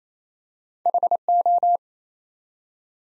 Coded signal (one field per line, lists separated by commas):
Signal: Morse code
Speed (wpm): 27 wpm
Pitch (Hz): 700 Hz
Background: none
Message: HO